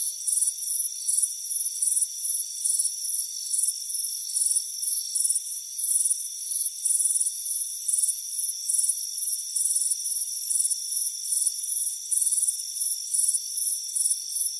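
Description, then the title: Crickets giving high, regular chirps a little more than once a second, with an unbroken background of thin, steady insect trills. "Soothing Crickets Chirping Sound"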